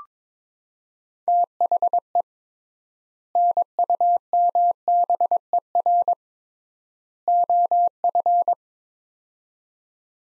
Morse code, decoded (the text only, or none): THE NUMBER OF